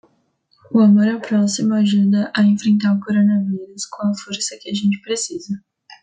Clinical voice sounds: spoken sentence; Brazilian Portuguese; female; 20 to 29 years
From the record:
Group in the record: control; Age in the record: 22 years

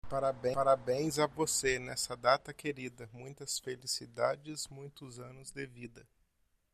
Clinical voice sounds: short text; Brazilian Portuguese; male; 30 to 39 years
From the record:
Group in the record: control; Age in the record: 31 years

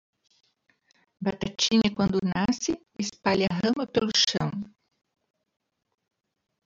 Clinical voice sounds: short text; Brazilian Portuguese; female; 60 to 69 years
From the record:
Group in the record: control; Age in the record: 65 years

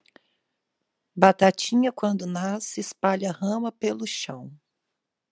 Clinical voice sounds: short text; Brazilian Portuguese; female; 30 to 39 years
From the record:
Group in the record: control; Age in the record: 39 years

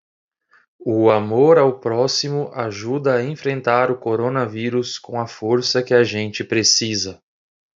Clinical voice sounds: spoken sentence; Brazilian Portuguese; male; 20 to 29 years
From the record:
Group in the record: control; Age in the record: 27 years

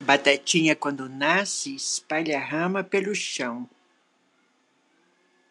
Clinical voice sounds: short text; Brazilian Portuguese; female; 60 to 69 years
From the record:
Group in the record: control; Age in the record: 68 years

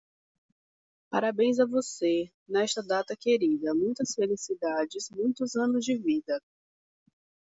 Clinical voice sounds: short text; Brazilian Portuguese; female; 20 to 29 years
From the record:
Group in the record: control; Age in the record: 23 years

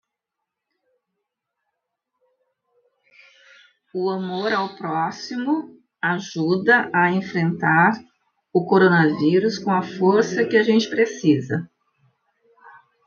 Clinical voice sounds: spoken sentence; Brazilian Portuguese; female; 50 to 59 years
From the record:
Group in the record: control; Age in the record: 59 years

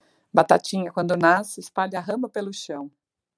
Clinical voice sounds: short text; Brazilian Portuguese; female; 50 to 59 years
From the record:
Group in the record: control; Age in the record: 58 years

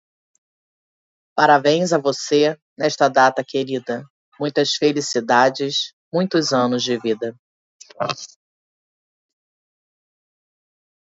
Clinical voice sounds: short text; Brazilian Portuguese; female; 40 to 49 years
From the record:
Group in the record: control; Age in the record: 44 years

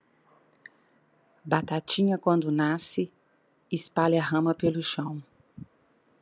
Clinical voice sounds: short text; Brazilian Portuguese; female; 50 to 59 years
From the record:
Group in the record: control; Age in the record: 51 years

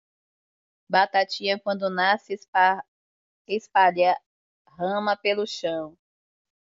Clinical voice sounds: short text; Brazilian Portuguese; female; 40 to 49 years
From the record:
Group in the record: control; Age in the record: 45 years

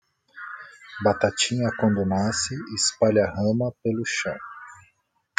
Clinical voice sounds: short text; Brazilian Portuguese; male; 40 to 49 years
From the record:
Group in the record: control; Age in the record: 41 years

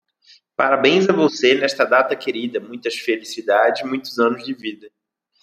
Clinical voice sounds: short text; Brazilian Portuguese; male; 20 to 29 years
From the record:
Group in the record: control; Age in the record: 28 years

